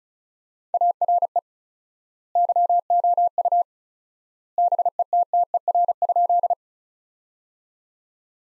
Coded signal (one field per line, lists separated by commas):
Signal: Morse code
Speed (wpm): 36 wpm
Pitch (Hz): 700 Hz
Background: none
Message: ARE YOU BETTER?